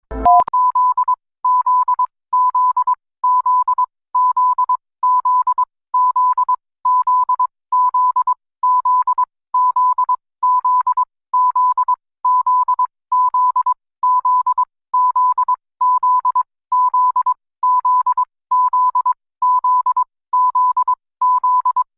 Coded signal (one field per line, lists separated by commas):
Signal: Morse code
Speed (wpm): 22 wpm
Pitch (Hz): 1000 Hz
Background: none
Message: TZ Z Z Z Z Z Z Z Z Z Z Z Z Z Z Z Z Z Z Z Z Z Z Z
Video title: (request) Cuba eas alarm